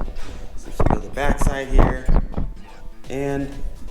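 Someone talks while handling the locking collar on the back side of a kayak rod holder mount, with a few brief sharp knocks around 0.8 to 0.9 seconds. The lock has not clicked shut or seated yet; the part is not yet home.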